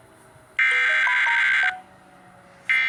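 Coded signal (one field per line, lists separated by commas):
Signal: Emergency Alert System (SAME) tones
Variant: header bursts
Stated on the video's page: Weekly EAS test, with a tornado siren sounding.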